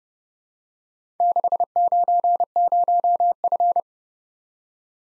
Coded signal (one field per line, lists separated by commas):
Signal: Morse code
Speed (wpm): 29 wpm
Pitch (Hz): 700 Hz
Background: none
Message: 690F